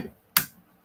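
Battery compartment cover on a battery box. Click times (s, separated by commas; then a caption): 0.4 s. A plastic cover is pushed into place on a battery box, giving one loud, sharp snap at 0.4 s, preceded by a faint low rumble and followed by near silence. The snap does not hold: the cover comes back off right away, so it is not fully latched.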